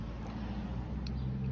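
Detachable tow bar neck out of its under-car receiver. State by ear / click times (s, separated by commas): released / 1.1 s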